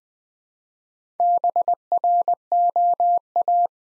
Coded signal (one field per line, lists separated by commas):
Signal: Morse code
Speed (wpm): 20 wpm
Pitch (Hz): 700 Hz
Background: none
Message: BROA